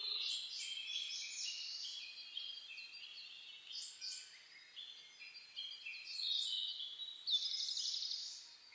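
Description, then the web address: Birds in a dawn chorus: many high, thin, overlapping whistles and trills from several singers, continuous throughout, with faint background hiss. Dawn chorus (reimei) of birdsong (saezuri), recorded 10 May 2010. "reimei -saezuri-20100510-0401"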